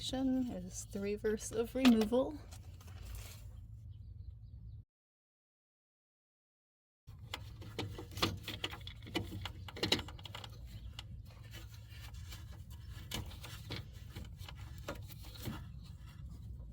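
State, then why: Not seated. Someone talks at the start while a new plastic EVAP leak detection pump is fitted back into its mount on a 2013 Jeep Wrangler as part of a code P0456 fix. After a few seconds of silence, handling noise follows, with sharp ticks and knocks near 8.2, 8.6, 9.2, 9.8 and 9.9 seconds as the pump is turned. The clip ends before the pump goes home; nothing has seated or clicked yet.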